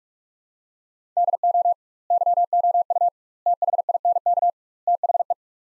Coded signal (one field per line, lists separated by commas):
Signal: Morse code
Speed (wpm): 46 wpm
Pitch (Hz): 700 Hz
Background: none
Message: DO YOU THINK THE